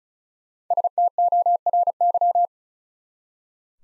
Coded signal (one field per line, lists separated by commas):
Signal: Morse code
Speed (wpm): 42 wpm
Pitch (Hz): 700 Hz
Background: none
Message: STORY